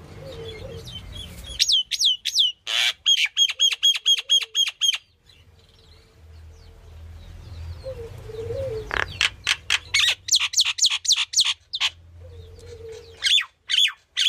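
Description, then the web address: Myna calls: bursts of fast, repeated squawky notes and chatter, with a low hum and soft lower tones between the series. "animal-sound myna-sound"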